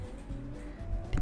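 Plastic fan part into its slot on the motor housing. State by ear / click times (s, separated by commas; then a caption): seated / 1.1 s, 1.2 s. A plastic part of an electric fan being reassembled is pressed into its slot on the motor housing. A steady low hum with tonal background sound runs through the clip. Two sharp clicks at 1.1 s and 1.2 s mark the part seating in place.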